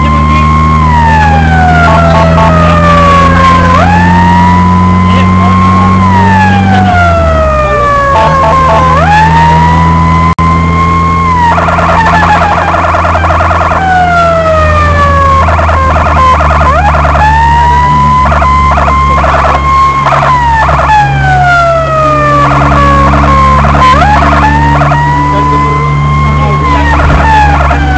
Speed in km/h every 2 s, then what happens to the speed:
59, 63, 68, 69, 68, 72, 77, 68, 60, 60, 59, 61, 62, 60.
0-4 speeds up to 68. 8-13 speeds up to 77. 13-16 brakes to 60. 16-28 steady at about 60.